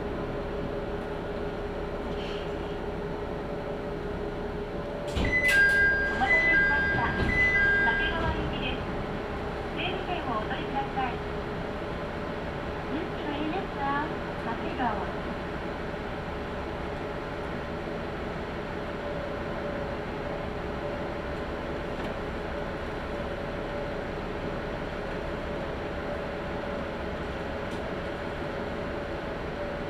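A ride aboard a Tenryu Hamanako Railroad train, with a steady engine drone and a low rumble holding throughout. Around five to eight seconds a brief louder burst brings a high tone, like a chime or squeal, then quieter clatter follows near ten to fifteen seconds.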